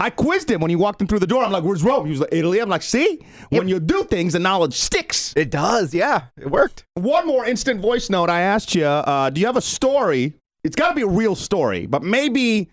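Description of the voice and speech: Fluent, casual conversational speech from an adult with lively pitch and normal pacing, and a second voice briefly agreeing.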